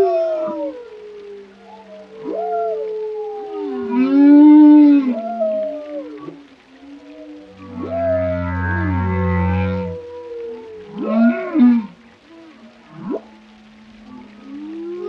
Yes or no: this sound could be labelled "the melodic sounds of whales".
yes